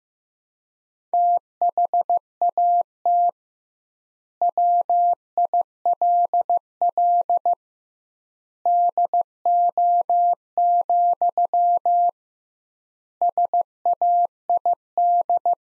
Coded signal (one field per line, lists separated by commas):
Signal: Morse code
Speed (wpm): 16 wpm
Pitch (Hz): 700 Hz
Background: none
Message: THAT WILL DO, SAID